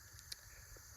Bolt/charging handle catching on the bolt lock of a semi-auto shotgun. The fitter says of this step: and pull it back until it clicks. So, it's like that.